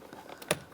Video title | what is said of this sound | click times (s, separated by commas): How to Replace Front Interior Door Handle 2011-2015 Chevrolet Cruz | lock that on | 0.5 s